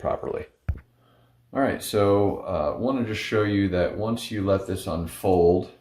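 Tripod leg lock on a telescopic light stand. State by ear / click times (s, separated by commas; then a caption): not seated / none. The folding tripod legs of an NJZ rechargeable camping light's telescopic stand are handled before being let unfold, with brief sharp sounds near 0.7 and 0.8 s while someone talks. Nothing has clicked or locked into place yet; the legs lock open once unfolded and stay locked until a pin at the bottom is pulled.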